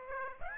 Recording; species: mosquito wingbeat signal from an infrared sensor; Aedes aegypti